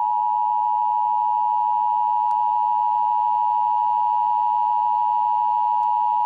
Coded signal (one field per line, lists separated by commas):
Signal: Emergency Alert System (SAME) tones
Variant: 853 and 960 Hz attention tone